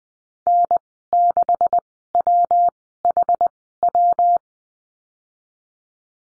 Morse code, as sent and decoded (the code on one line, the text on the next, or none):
-. -.... .-- .... .--
N6WHW